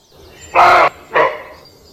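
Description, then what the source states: Roe deer barking, two hoarse, gruff barks in quick succession, the second softer and shorter than the first. Barking of a roe deer, an animal of the forest; this sound heard in the forest identifies a roe deer.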